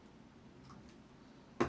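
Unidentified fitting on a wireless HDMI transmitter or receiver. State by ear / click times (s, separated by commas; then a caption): seated / 1.6 s. An unnamed part is fitted onto one unit of a Pro 4K wireless HDMI transmitter and receiver kit (500FT/60MS low latency HD extender) during unboxing. After quiet room tone, a single sharp tick sounds at 1.6 s as the part locks into place.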